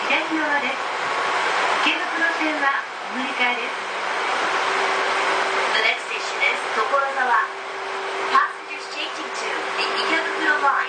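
Seibu 2000-series train ride with a steady rushing whir, a low hum, scattered voices speaking, and a tone that holds from about four seconds on.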